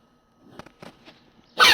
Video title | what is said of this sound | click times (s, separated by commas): MaxJax Mod from the two position pin to a 1" farm jack self locking system. | Locks into place automatically. | 0.6 s